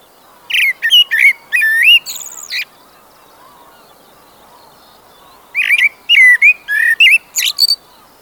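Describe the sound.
Common blackbird song: two melodious whistled phrases with rising and falling notes, each ending in a thin high flourish, about three seconds apart.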